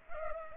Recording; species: mosquito wingbeat signal from an infrared sensor; Culex pipiens